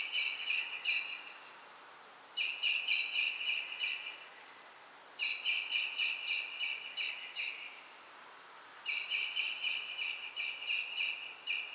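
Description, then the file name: Common blackbird repeating series of rapid, high-pitched ringing notes, four series in all, separated by short pauses. "Turdus merula"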